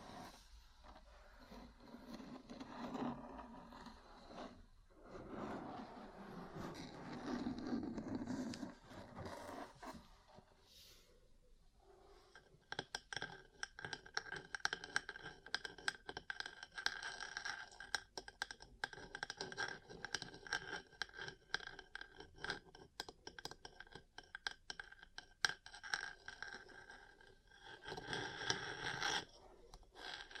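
Ear cleaning sounds: soft rubbing and scraping for ten seconds, then dense rapid tapping and crackling that runs steadily to the end.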